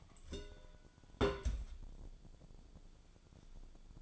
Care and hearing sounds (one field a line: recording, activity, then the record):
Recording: daily activity, microphone in the room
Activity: place on stove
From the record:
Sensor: 5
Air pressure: 1010.0 hPa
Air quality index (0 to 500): 152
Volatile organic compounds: 3 ppm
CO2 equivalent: 1488 ppm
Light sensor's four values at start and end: 249/597/256/284 and 251/604/258/286